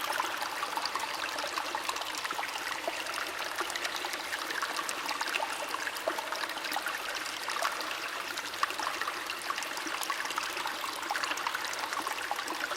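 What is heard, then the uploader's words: A babbling brook runs steadily throughout, a dense, bright rush of water with constant splashes and quick trickling clicks scattered across the whole stretch. The level stays even from start to finish, with little low rumble and no other sounds standing out. Babbling Brook Nature Sounds.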